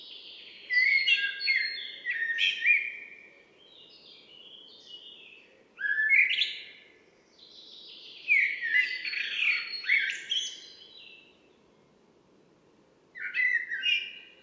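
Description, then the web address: Common blackbird song in several separate phrases, each a mellow warble breaking into high squeaky twittering, with short pauses between and a low steady background hum. "Mirlo común"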